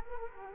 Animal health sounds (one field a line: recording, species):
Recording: mosquito wingbeat signal from an infrared sensor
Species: Culex quinquefasciatus